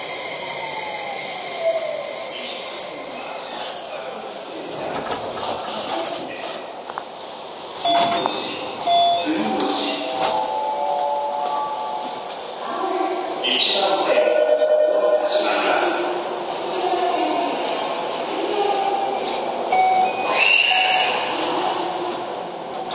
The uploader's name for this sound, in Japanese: 京王5000系 本八幡〜橋本